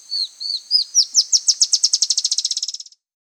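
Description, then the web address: Chestnut-shouldered antwren song: a high, accelerating series of sharp notes, starting with a few slurred notes and speeding into a fast trill that ends abruptly after about three seconds. Peru. "Birds of the Amazon 2. Chestnut-shouldered Antwren (Terenura humeralis), Peru"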